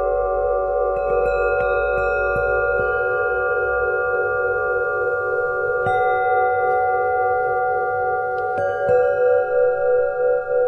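Singing bowls ring in long, steady overlapping tones, with fresh strikes near six and nine seconds adding brighter pitches over a low soft rumble.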